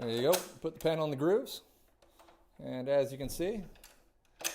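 The locking pin of an ADJ AV3 LED video wall panel is set into the grooves of the neighbouring panel frame while someone talks. Only a couple of faint soft ticks are heard during a quiet pause around 2.0 and 2.2 seconds. The pin is being handled and nothing has seated or clicked into place yet.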